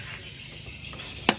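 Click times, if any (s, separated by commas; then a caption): 1.3 s. A plastic locking tab on a fuel hose quick-connector at a scooter's fuel pump outlet is pressed with a screwdriver and the hose is pulled to release it from the fitting. After low background noise, a sharp click at 1.3 s marks the lock letting go, and the connector releases.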